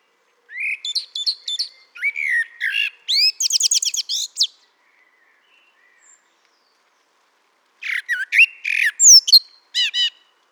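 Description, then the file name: Eurasian blackbird singing rapid varied phrases, whistles and squeaky chattering notes in two bursts with a quiet pause between them. "Turdus merula"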